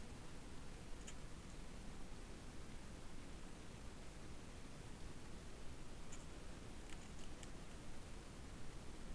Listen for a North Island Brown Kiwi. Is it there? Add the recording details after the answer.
no. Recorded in New Zealand on 8 January 2015. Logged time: 04:57. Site BX23